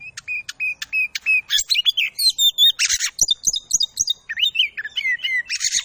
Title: Kacer Langsung Tarung Konslet KACER NGOTOT FULL TEMBAKAN. Pancingan Kacer Agar Cepat Emosi Langsung Bukor Tarung